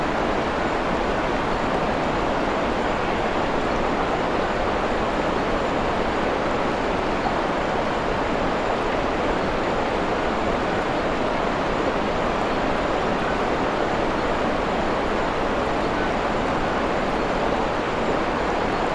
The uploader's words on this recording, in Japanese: 森の中の滝。このエピソードはウェールズで録音されましたが。そこでは滝の美しいカスケードが心地よい雰囲気を生み出し。